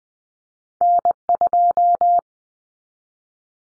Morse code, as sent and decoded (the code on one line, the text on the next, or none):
-. ..---
N2